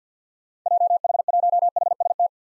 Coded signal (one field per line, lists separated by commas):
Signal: Morse code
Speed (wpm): 50 wpm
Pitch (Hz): 700 Hz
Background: none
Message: JH1HST